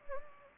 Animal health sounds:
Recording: mosquito wingbeat signal from an infrared sensor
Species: Anopheles gambiae

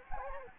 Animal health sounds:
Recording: mosquito wingbeat signal from an infrared sensor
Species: Anopheles gambiae

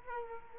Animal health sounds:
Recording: mosquito wingbeat signal from an infrared sensor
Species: Culex quinquefasciatus

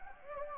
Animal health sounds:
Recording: mosquito wingbeat signal from an infrared sensor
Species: Anopheles gambiae

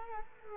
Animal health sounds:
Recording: mosquito wingbeat signal from an infrared sensor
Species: Culex quinquefasciatus

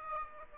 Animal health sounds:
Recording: mosquito wingbeat signal from an infrared sensor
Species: Aedes aegypti

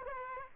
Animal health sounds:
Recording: mosquito wingbeat signal from an infrared sensor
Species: Aedes aegypti

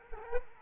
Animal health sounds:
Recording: mosquito wingbeat signal from an infrared sensor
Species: Culex quinquefasciatus

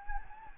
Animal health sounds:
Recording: mosquito wingbeat signal from an infrared sensor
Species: Anopheles gambiae

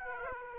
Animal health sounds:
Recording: mosquito wingbeat signal from an infrared sensor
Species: Aedes aegypti

